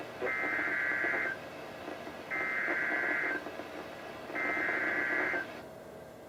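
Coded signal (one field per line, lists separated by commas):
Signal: Emergency Alert System (SAME) tones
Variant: header bursts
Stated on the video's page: NOAA Weather Radio SAME alerts, severe thunderstorm warnings issued by NWS Sterling, on 162.550 (Independent Hill, VA) and 162.400 (Pikesville, MD) transmitters.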